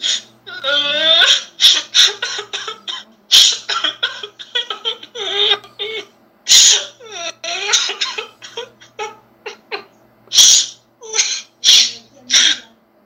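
A person cries and sobs in a broken series of short, strained bursts, high whimpering wails alternating with sharp, hiccuping gasps that come in an uneven rhythm.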